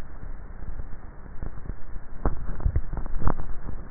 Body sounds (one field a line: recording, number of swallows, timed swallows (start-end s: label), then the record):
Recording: swallowing sounds by neck microphone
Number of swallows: 1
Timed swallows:
2.42-3.32 s: swallow
From the record:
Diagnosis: dysphagia